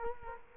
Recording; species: mosquito wingbeat signal from an infrared sensor; Culex quinquefasciatus